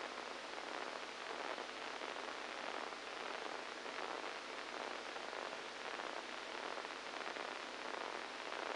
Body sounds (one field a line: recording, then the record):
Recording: brain microelectrode recording played as sound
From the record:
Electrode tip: inside the subthalamic nucleus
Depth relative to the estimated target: -4 mm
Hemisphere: right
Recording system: NeuroSet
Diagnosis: Parkinson's disease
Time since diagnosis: 7 years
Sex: male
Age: 69 years